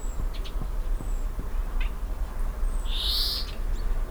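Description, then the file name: European greenfinch giving a single drawn-out buzzy wheeze near the end, over steady low rumbling background noise and a few faint chirps. "Chloris chloris"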